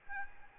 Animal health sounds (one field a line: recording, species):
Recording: mosquito wingbeat signal from an infrared sensor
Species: Aedes albopictus